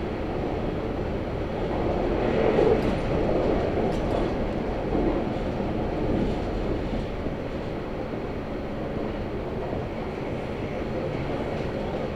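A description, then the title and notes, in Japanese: A one-man train pulls away, a steady low rumble and rattle of wheels, with faint brighter clicks scattered throughout. 佐世保線・長崎本線 北方→肥前山口→鍋島→佐賀。ワンマン列車は北方を発車。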